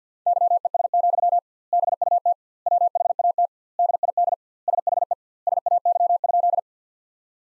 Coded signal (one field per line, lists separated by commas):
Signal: Morse code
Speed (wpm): 47 wpm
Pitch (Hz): 700 Hz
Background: none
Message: YES, BUT WHAT DID SHE SAY?